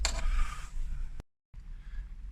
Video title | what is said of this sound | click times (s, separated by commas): BMW E46 SILVER DIAL GUAGE UPGRADE, CLOCK, TYRE & SERVICE RESETS | and then once it's in, just lock it in place. | 0.0 s